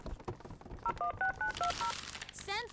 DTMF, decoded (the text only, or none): 016920